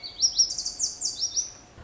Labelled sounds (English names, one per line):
Lazuli Bunting